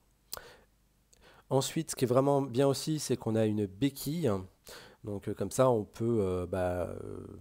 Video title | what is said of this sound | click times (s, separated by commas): Unbox & review trottinette électrique Evercross.E1 new 2020 | voilà pour l'ouvrir donc on pousse au maximum jusqu'à entendre le clic je sais pas si vous allez entendre mais un clic bien fort voilà | 0.3 s